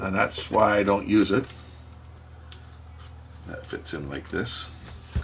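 During reassembly after a teardown, a plastic part of a BenQ treVolo U Dialog Bluetooth speaker is handled and pressed back toward its place in the speaker housing while someone talks. Faint handling taps are heard around 2.5 and 3.5 seconds. Nothing has seated or clicked yet.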